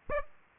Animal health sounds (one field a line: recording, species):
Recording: mosquito wingbeat signal from an infrared sensor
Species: Aedes aegypti